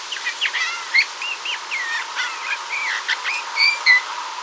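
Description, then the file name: Eurasian bullfinch calling: a steady run of squeaky, creaky notes and short whistles, several a second, with two clearer piping whistles near the end. "Pyrrhula pyrrhula"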